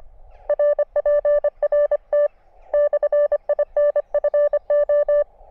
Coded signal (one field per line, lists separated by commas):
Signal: Morse code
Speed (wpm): 25 wpm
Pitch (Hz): 590 Hz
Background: none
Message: RPRT /INFO